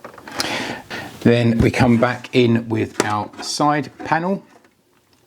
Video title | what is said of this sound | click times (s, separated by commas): PlayStation 5 Fan replacement - how to stop over heating on the PS5 Disc and Digital Edition in 2022 | so they're both in like so and then just push it back down again like so clicks | 0.4 s